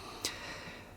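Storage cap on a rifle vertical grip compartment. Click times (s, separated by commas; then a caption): 0.2 s. The hinged storage-compartment cap at the bottom of a polymer rifle vertical grip is closed, and it clicks shut with one sharp hit at 0.3 s over a quiet background. The cap is seated, closing very solidly.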